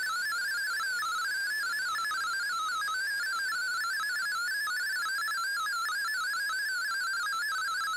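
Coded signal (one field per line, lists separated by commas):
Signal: multi-tone FSK (Olivia or MFSK type)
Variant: MFSK32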